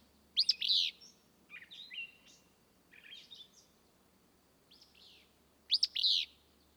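Willow flycatcher singing burry two-part phrases at the start and end, with softer notes in between.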